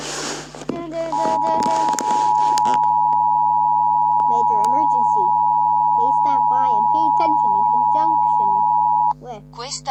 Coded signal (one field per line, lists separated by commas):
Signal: Emergency Alert System (SAME) tones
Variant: 853 and 960 Hz attention tone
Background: speech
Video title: Laos eas alarm tv